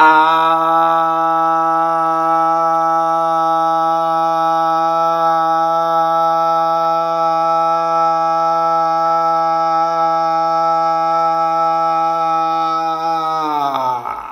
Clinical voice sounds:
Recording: sustained vowel /a/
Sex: male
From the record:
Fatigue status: no fatigue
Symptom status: asymptomatic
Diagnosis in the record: COVID-19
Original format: m4a

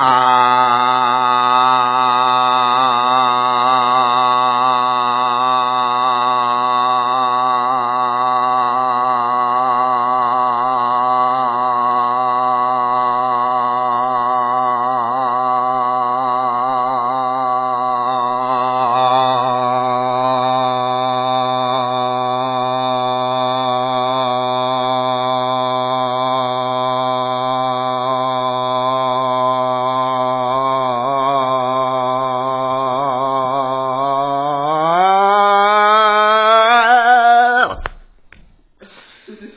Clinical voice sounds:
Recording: sustained vowel /a/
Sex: male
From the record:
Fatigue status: fatigue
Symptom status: symptomatic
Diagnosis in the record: COVID-19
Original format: 3gp

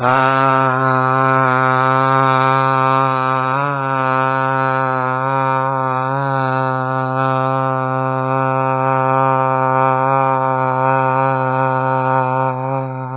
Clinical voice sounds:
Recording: sustained vowel /a/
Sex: male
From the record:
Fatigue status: no fatigue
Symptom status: asymptomatic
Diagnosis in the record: COVID-19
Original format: 3gp

